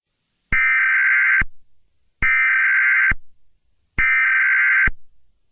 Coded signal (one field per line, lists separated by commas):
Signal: Emergency Alert System (SAME) tones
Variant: header bursts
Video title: EAS Scenario #3: Deadly Computer Virus